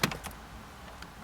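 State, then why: Not seated. A worn convertible top latch on a Mazda MX5 Miata is closed the same way as a working one, giving a sharp knock at 0.0 s followed by softer knocks near 0.1 s, 0.3 s and 1.0 s. The worn latch does not lock, and nothing has seated or clicked.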